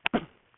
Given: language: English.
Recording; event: throat vibration sensor signal played as sound; cough